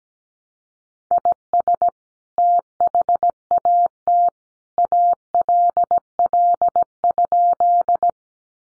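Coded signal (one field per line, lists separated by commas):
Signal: Morse code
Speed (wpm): 17 wpm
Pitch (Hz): 700 Hz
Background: none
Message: IS THAT ALL?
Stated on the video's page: Morse practice of sentences built from the top 100 words at 17 wpm, each sent, spoken, then sent again.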